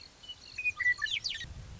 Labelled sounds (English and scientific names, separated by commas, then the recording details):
Western Meadowlark (Sturnella neglecta)
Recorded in Sonoma County, California